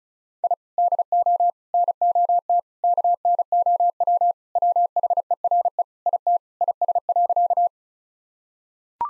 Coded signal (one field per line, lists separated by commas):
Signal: Morse code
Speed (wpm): 34 wpm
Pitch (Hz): 700 Hz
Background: none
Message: I DO NOT KNOW WHERE IT IS.